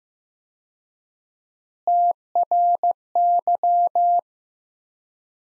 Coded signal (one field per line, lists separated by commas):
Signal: Morse code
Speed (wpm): 15 wpm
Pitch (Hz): 700 Hz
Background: none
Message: TRY